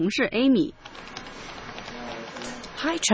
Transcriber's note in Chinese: Office ambience